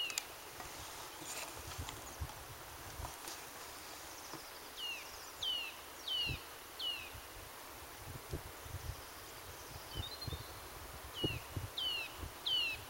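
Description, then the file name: Eurasian nuthatch calls: two loose series of sharp, down-slurred high notes about half a second apart, with a pause between the series. "Sitta europaea"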